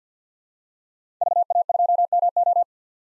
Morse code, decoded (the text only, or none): VA2MO